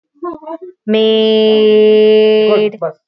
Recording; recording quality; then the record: sustained vowel as in made; moderate, slight background noise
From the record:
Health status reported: COVID-19 positive, no symptoms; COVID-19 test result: positive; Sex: female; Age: 36 years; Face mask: not worn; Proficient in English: yes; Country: India